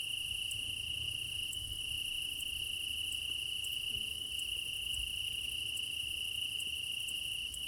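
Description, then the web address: Crickets trilling steadily, with faint higher ticking pulses over the constant ring. Meadow at night in Crimea in summer; crickets; quad ambience recorded with ORTF microphone pair, front pair offset by 3 m. "Alexander Kopeikin - Quad ambience of Crimea in summer 20 meadow night ambience, crickets, ortf offset by 3 m, front"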